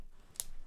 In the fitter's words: You hear that click.